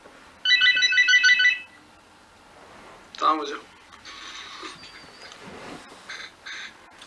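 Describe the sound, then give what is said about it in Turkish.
A bright electronic phone ringtone plays a quick, warbling melodic pattern for about a second, then stops; muffled talking and scattered background noises follow at a lower level. “Bak, telefon çaldı da hocam.”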